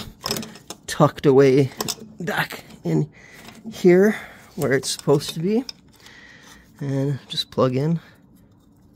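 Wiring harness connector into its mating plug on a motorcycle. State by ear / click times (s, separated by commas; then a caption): not seated / none. During a Tab Zombie install while reinstalling the exhaust on an Indian Pursuit motorcycle, a wiring harness connector, likely the exhaust sensor plug, is handled toward its plastic mating plug, with a few brief light handling ticks near the start as someone talks. The clip ends before the connector goes home; nothing has seated or clicked yet.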